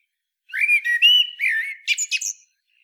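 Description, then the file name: Eurasian blackbird singing one phrase: mellow fluted whistles that waver up and down, ending in a quick burst of high, squeaky twittering notes. "Turdus merula"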